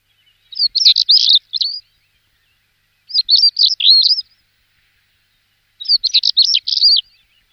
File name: CHekan chernogolovyy